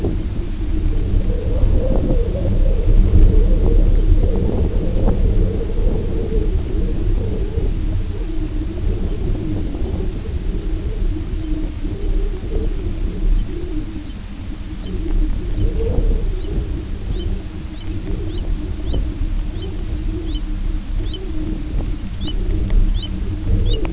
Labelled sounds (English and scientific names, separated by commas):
unidentified sound, American Golden-plover (Pluvialis dominica)